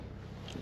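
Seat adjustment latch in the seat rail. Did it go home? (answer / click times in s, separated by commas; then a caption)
yes / 0.5 s. After the seat of a Piper Warrior 2 aircraft is slid forward with the bar between the legs lifted and the bar is let go, the seat adjustment latch in the seat rail gives a short, sharp click at 0.5 s over a steady low rumble. The latch engages and the seat is locked in place.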